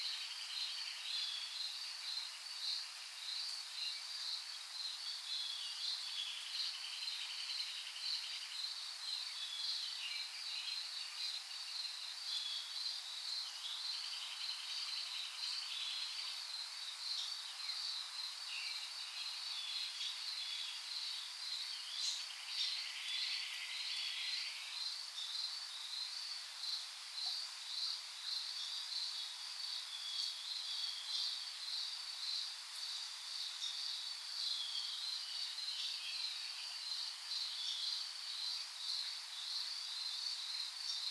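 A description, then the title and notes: A dawn chorus in Wolfville, Nova Scotia, made of a dense, continuous high trilling that pulses rapidly and evenly, much like crickets or insects. A softer layer of calls weaves underneath, and the level stays steady throughout with no low sounds. A field recording of the dawn chorus in Wolfville, Nova Scotia, Canada.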